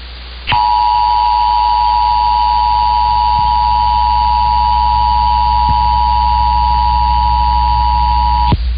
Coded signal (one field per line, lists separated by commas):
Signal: Emergency Alert System (SAME) tones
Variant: 853 and 960 Hz attention tone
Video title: Pennsylvania RMT on KDKA-AM (EAS #330)